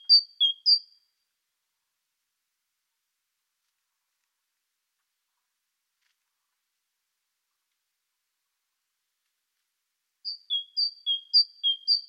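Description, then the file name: Great tit calling in short bursts of high-then-low whistled note pairs, a couple of pairs at the start, then a long silence before a run of about three more pairs. "Parus major"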